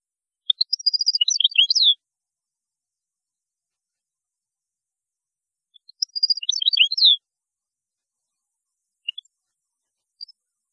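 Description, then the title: European goldfinch giving two short phrases of rapid tinkling twitters and trilled notes, about four seconds apart, with a few faint single notes afterwards. "Chant Chardonneret"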